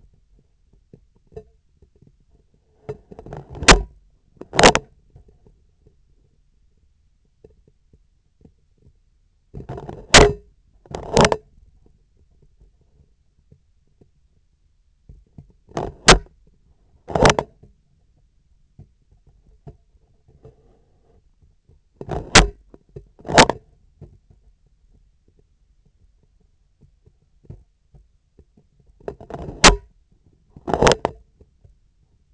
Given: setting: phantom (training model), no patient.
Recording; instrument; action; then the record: laparoscopic instrument, vibration sensor on the handle end; scissors; opening and closing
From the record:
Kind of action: tool actuation without material contact